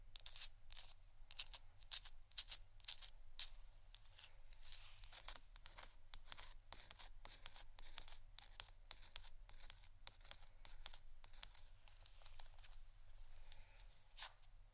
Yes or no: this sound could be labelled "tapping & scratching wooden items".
yes